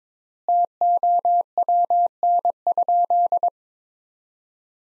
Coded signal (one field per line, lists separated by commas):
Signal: Morse code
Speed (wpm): 22 wpm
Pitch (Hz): 700 Hz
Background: none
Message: TOWN?